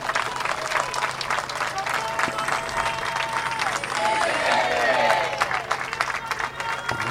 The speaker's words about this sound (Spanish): El pueblo se movilizó a esta Plaza de Mayo para decir no al 2x1, a genocidas, a reclamar por pan y trabajo, a exigir justicia por Santiago Maldonado y Rafael Nahuel. ¡Un fuerte aplauso!